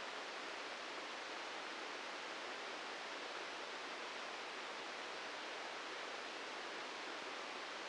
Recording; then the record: brain microelectrode recording played as sound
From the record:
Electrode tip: inside the subthalamic nucleus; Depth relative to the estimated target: -1 mm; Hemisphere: right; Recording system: NeuroSet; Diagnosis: Parkinson's disease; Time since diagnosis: 8 years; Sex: male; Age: 59 years